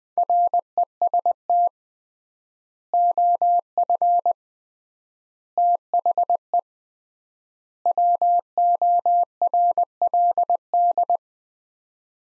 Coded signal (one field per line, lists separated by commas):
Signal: Morse code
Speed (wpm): 20 wpm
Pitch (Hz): 700 Hz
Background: none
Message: REST OF THE WORLD